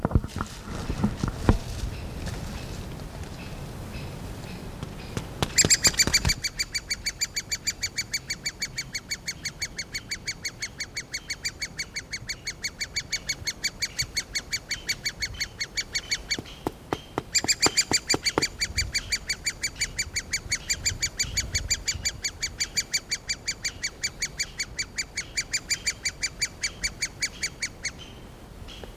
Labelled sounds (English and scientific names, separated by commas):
Great Spotted Woodpecker (Dendrocopos major) call